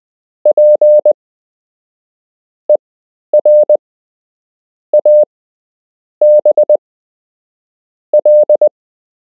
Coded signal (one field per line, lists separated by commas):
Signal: Morse code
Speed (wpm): 20 wpm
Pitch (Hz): 600 Hz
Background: none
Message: PERABL